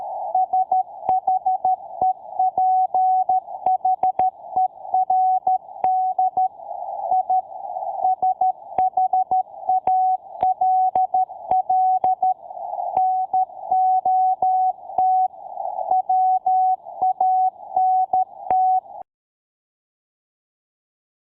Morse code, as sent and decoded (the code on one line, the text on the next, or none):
... .... . .--. .... . .-. -.. / .. / ... .... .- .-.. .-.. / -. --- - / .-- .- -. -
SHEPHERD I SHALL NOT WANT